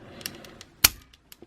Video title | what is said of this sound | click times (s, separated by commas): Metal Build Destiny Gundam (Heine Custom) Review | snaps in place there we go yep | 0.8 s